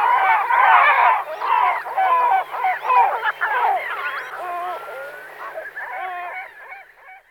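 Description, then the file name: Great black-backed gull calling: deep, harsh, yelping notes in quick overlapping bursts, softening toward the end with a few separate barking calls. "racek-mořský"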